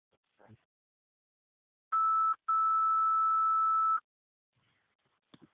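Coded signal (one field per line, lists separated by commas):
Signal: two-tone page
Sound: a steady mid-pitch tone, a short break, then a longer tone at the same pitch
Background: radio static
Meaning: Alert tones that activate pagers before a dispatch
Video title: Camden County Test Recording After Repairing Pager (Radio Traffic) 3/30/2025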